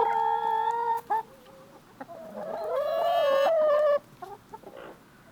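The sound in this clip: Chicken with a level drawn-out call, a few soft clucks, then a louder wavering squawk before dropping to quiet clucking.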